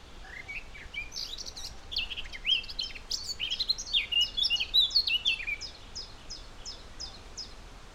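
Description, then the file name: Eurasian blackcap singing a hurried scratchy warble, then a run of clear, evenly spaced, repeated high notes. "Sylvia atricapilla"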